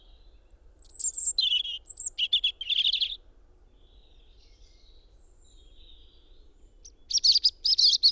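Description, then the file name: European robin song: several bursts of high, thin, varied notes in the first three seconds, a long quiet stretch, then a further bright warbled phrase near the end. "Erithacus rubecula"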